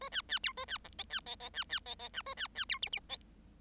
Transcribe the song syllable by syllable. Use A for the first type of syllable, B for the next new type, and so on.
A B B C A B D E B E E B B E E F A B B C G G E